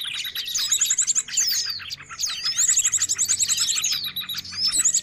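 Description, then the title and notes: Birds calling in a lively chorus of high chirps and short rattling trills, with a faint low hum underneath. Noisy birds used as a lure for attracting birds. "Burung Ribut Pikat"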